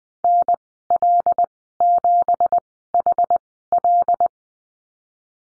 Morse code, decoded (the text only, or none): NL7HL